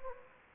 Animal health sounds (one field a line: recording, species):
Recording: mosquito wingbeat signal from an infrared sensor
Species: Anopheles gambiae